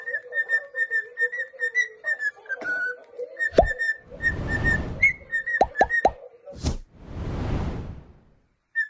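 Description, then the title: Cockatiel whistling: a chain of steady clear notes broken by sharp clicks and two bursts of rushing, breathy noise. Several cockatiels singing a whistled song. "Calopsitas Cantando Assobio"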